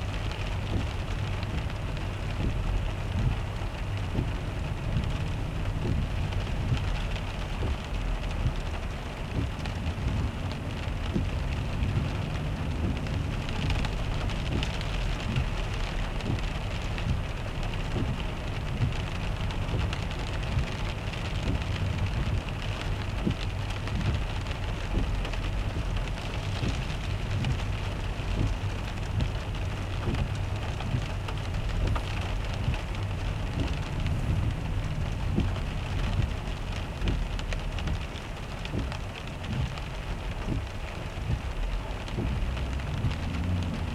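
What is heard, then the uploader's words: Rain drums steadily on a car roof while the engine keeps up a soft, low purr underneath. The patter stays dense and even throughout, with a deep rumble from the road and motor and no distinct breaks or sudden events. Rainy Car Journey Sounds. The soothing drumming of rain on the roof and the soft purr of the engine in all the cosiness of a rainy car journey home.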